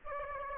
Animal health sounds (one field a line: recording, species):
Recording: mosquito wingbeat signal from an infrared sensor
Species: Aedes aegypti